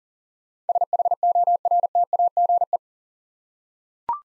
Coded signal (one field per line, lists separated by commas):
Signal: Morse code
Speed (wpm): 39 wpm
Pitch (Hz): 700 Hz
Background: none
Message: SHORTAGE